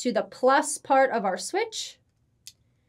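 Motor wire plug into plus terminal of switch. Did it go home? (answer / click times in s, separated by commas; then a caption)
yes / 2.5 s. Someone talks while the plastic plug on a motor wire is pushed onto the plus terminal of a VEX kit switch. After the talking stops, a single short, sharp click sounds at 2.5 seconds as the plug seats onto the terminal.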